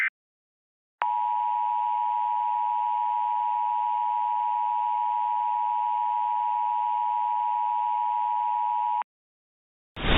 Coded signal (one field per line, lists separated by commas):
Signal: Emergency Alert System (SAME) tones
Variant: 853 and 960 Hz attention tone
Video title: EAS simulación / EAS Mock - Illinois TOR